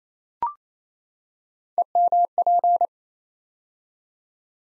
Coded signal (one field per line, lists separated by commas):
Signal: Morse code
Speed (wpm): 28 wpm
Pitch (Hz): 700 Hz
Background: none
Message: EMP